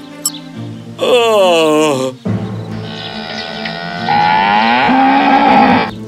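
A cow moos twice, first a short, loud bellow, then a long, drawn-out low moo that swells louder and rises slightly in pitch before stopping.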